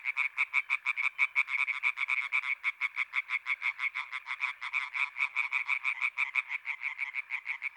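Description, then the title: European tree frog chorus, dense and loud, harsh croaks overlapping continuously at a rapid steady pace throughout. Many European tree frogs in intense activity at the Marguilliers pond, Sologne, France, 21 May 1993, an hour after nightfall. "Choeur de rainettes en Sologne"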